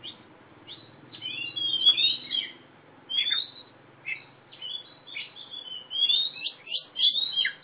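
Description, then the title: Oriental magpie-robin song of varied whistled phrases and quick chirps in short bouts, over a faint low hum. Female black-plumaged national first-place champion competition bird from East Java, singing actively (gacor), described as a fighting-style (tarung) bird. "Kacer Juara 1 Nasional gacor kacer juara nasional jawa timur kacer tarung betina poci gacor hitam"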